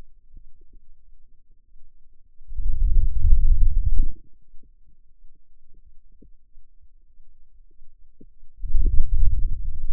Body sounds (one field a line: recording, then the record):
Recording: forearm muscle sounds (acoustic myography)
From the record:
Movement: hand opening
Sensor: system 2, bracelet of six BSWA MPA416 microphones around the upper forearm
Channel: 3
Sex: male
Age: 22 years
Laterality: right